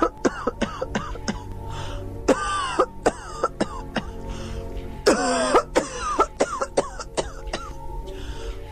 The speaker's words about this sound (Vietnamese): bỗng lên cơn ho dữ dội.